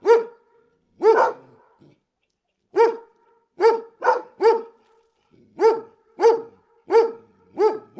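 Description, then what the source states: Dogs barking: deep, loud single woofs and doubled barks, spaced irregularly, then settling into a steady run about every half second. Big dogs barking, recorded close.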